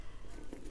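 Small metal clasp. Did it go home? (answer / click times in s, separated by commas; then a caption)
yes / 0.5 s. A strong magnetic jewellery clasp is opened and then closed onto its mating half on a piece of jewellery. A quiet, short hit at 0.5 s marks the clasp locking into place.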